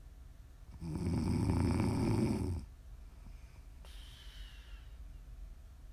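A single loud, rough, low-pitched rattling snore lasts nearly two seconds on the in-breath. A softer airy exhale follows, then quiet. This is typical snoring in an adult woman asleep.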